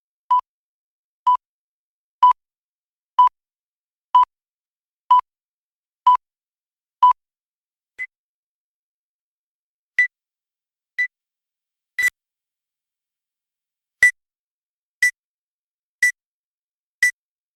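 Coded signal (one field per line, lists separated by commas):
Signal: beep code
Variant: CNC machine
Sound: eight short lower beeps about once a second, then eight higher, less evenly spaced beeps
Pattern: 8 short low, 8 short high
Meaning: The machining cycle is complete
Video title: Cnc Cycle Complete Beep Sound Effect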